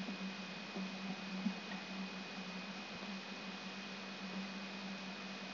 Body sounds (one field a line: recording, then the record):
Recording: brain microelectrode recording played as sound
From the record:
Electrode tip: outside the subthalamic nucleus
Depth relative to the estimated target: -8 mm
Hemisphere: right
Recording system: AlphaMap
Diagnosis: Parkinson's disease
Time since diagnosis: 11 years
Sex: female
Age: 52 years